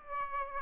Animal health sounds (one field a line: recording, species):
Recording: mosquito wingbeat signal from an infrared sensor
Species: Aedes aegypti